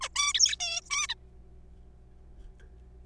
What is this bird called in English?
Zebra Finch